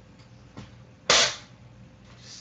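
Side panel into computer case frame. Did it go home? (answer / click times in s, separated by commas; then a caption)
yes / 1.1 s. A side panel is pressed again onto a Corsair C70 PC case frame. After a faint tap at about 0.6 s, it latches with one loud, sharp snap at 1.1 s that quickly fades. The panel is seated.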